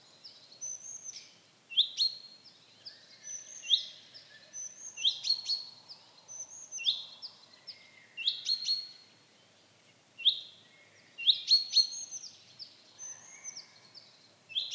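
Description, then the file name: Chaffinch calls: short, sharp high notes in irregular bursts of several together. "Fringilla coelebs"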